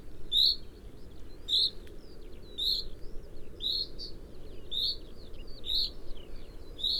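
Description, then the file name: Common chaffinch repeating brief, sharp call notes about once a second over a steady low background rumble. "Fringilla coelebs"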